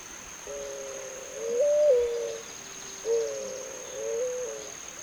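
Zenaida dove cooing: two long, soft, hollow coo phrases, each held steady before briefly lifting in pitch and easing down again, with a faint constant high whine throughout.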